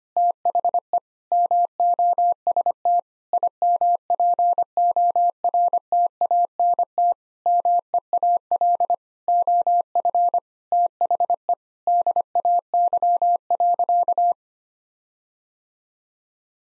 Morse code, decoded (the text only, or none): THE MOST IMPORTANT MEAL OF THE DAY.